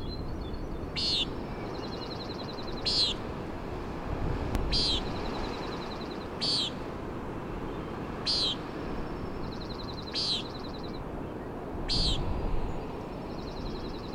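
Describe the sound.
Common Nighthawk repeating buzzy peents about every two seconds, seven calls, interleaved with a rapid rattling trill and constant wind and surf.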